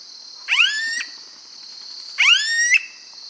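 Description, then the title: Smooth-billed ani giving two whining, upslurred calls about two seconds apart, each rising then levelling off, over a steady high insect drone. "LuckyPassaro Completos2Sama. Smooth-billed Ani (Crotophaga ani)"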